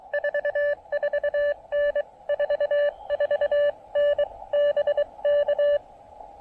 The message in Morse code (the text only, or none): 44N 44N BK